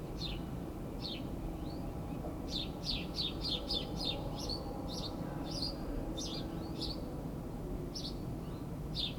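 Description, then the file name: House sparrow chirps: short, bright notes given singly and in quick bursts, with one busy run of rapid chirping midway, over a steady low rumble. "Passer domesticus"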